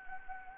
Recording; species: mosquito wingbeat signal from an infrared sensor; Anopheles gambiae